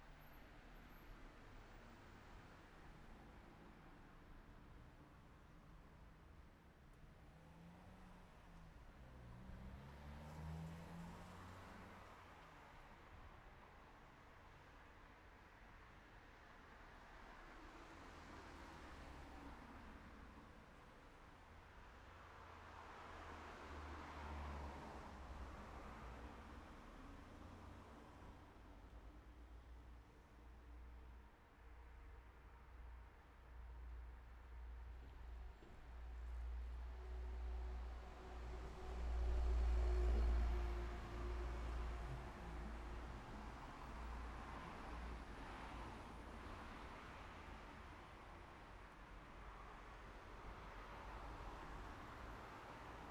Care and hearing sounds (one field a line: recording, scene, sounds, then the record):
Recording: everyday scene through a hearing-aid microphone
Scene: in traffic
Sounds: traffic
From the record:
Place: city secondary road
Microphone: behind the ear, right, front